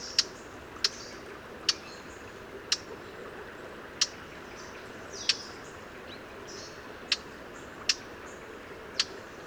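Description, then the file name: Eurasian blackcap calls: sharp, hard ticking notes repeated roughly once a second over a steady background hiss. "Sylvia atricapilla"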